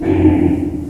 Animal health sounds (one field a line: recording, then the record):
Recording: squeal of a Yucatan mini pig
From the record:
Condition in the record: before surgery on the right vocal fold (resection and tissue-engineered implant)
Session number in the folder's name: 1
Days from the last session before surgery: -21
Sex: female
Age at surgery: 19 weeks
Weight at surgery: 25 kg